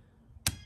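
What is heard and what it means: A magazine body is pushed up into the plastic frame of a Glock 43X MOS pistol with a Shield Arms seating issue. After a quiet stretch, a lip on the magazine catches the edge of the plastic and pops over it with one sharp click at 0.5 s. The click comes before the magazine is actually latched, so it is only partly seated.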